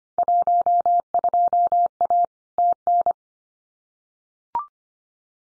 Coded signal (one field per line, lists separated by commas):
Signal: Morse code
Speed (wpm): 25 wpm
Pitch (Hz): 700 Hz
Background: none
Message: 12A TN